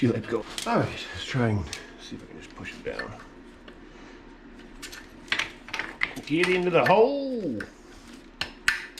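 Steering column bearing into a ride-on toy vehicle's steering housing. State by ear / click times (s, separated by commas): seated / 8.7 s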